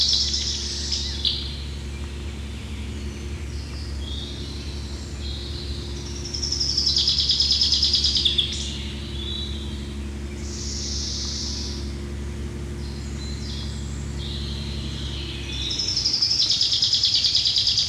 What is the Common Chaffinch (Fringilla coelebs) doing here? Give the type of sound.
song